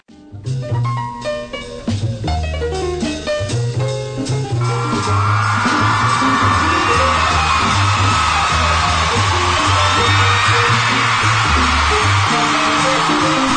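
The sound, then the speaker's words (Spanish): A loud studio audience erupts into applause, whoops and shouts a few seconds in at the opening of the radio show Alta Fidelidad, a dense steady roar that carries on over continuing music with a deep bass line. “Bueno, gracias por los aplausos.”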